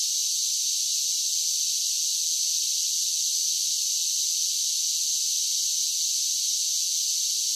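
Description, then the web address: Cicadas produce a constant high buzzing hiss, flat in pitch and loudness for the whole stretch, without pauses or other sounds. "Blast Wave Update 1 Cicadas Sing"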